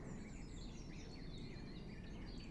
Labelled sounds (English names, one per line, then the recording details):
Eurasian Blue Tit
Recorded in Germany
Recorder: ecoPi